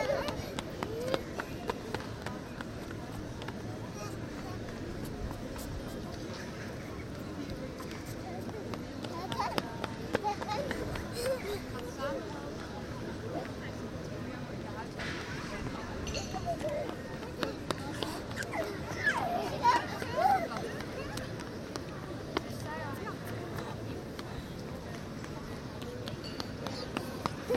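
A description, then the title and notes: Continuous chatter of many voices fills the Plein in The Hague, with scattered footsteps, clicks and brief bright sounds around twenty seconds. Recorded while sitting on the ledge of the pedestal of William Of Orange's statue on the Plein, The Hague.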